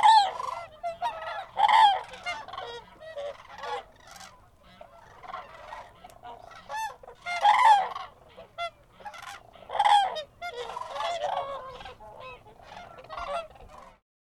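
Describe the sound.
Cranes give rolling, bugling calls in repeated loud surges, with softer overlapping calls between them.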